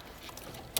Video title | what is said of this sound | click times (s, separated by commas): Seat Ateca Phase I (2016-2020) - Montaje de enganche y kit electrónico (1179) | Descendez jusqu’en bas jusqu’à ce que vous entendiez les deux clics | 0.4 s, 0.8 s